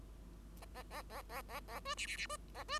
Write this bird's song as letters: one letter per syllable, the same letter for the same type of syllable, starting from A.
A A A A A A B C C C B A B